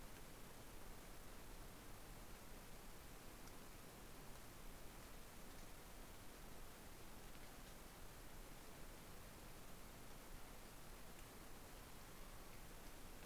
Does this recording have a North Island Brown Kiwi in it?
no